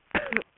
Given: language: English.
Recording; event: throat vibration sensor signal played as sound; cough